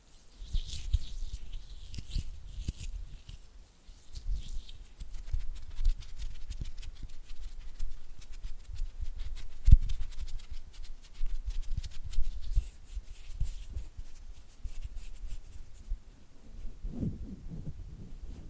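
Oily hand and flutter finger sounds: soft, wet slapping and rubbing that stays mostly low and muffled, with a faint hiss of fine crackle above. Quick irregular taps run throughout, with a sharp louder click near ten seconds and a heavier smear around seventeen.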